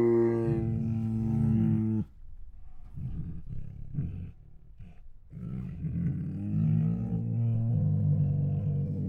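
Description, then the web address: Tiger vocalizations: a loud low harmonic moan for two seconds, then softer breathy huffs, then another sustained deep groaning moan. Hungry tiger; groans, huffs and moans. "Sound Ideas Tigers"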